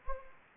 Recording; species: mosquito wingbeat signal from an infrared sensor; Anopheles gambiae